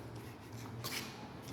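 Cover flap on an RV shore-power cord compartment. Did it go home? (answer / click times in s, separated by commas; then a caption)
no / none. A cover flap on an RV shore-power cord storage compartment, which holds about 25 feet of coiled cable and shuts to keep rain and dirt out of the cavity, is being handled as it is brought down to close. Soft rubbing and shuffling sounds play over a low steady hum, with a brief brighter rustle around 0.8 to 1.0 s. Nothing has snapped into place yet.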